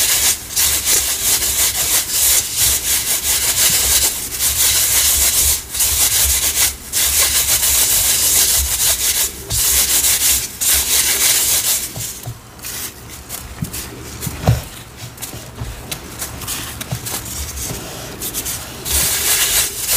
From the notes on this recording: sifting asmr, powder play, pouring water, mixing paste, reforming cornstarch and dyed gym chalk powder